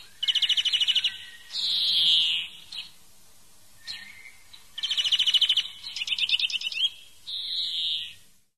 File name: verso verdone